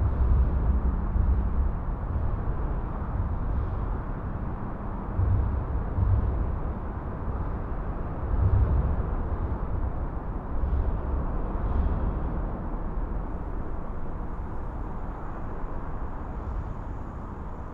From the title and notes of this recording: Field recording beneath the M4 Severn Bridge on the Severn Beach side. Gear: Sony PCM-M10 built-in mics. Under The M4 Severn Bridge.